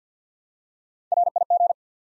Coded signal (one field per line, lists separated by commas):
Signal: Morse code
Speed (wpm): 52 wpm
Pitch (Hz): 700 Hz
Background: none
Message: RIG